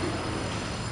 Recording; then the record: background sound without coughing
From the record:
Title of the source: 30 MINUTES Construction Site Ambience (CC BY 4.0)